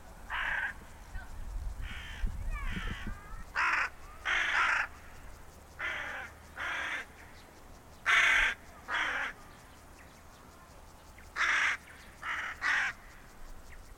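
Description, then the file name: Carrion crow cawing, harsh short calls given singly and in pairs at irregular intervals, with low rumbling noise in the background. "Corvus corone"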